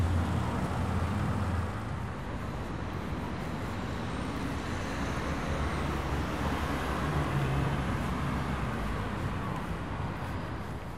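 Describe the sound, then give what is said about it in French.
Steady, dense road traffic surrounds the listener on all sides: a continuous low rumble of engines and tyres with passing vehicles swelling and fading, and occasional brake hisses and engine tones rising above the wash. “Ah, il n'y a que de la circulation tout autour. Ça m'englobe.”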